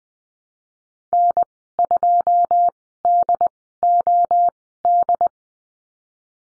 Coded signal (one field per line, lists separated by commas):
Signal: Morse code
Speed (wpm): 20 wpm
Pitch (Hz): 700 Hz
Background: none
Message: N2DOD